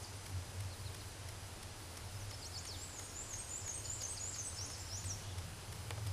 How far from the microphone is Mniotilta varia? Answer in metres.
about 30 m